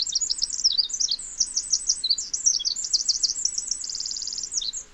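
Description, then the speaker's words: Pacific wren song: a long, rapid, tumbling stream of very high twittering notes, ending in a fast trill and a final few notes. Heard on Washington State's Olympic Peninsula; the song sits in its own bandwidth and niche so other Pacific wrens can recognize it. "If the Pacific wren is singing, it will be singing in its own bandwidth and niche in such a way that it's recognizable to other Pacific wrens."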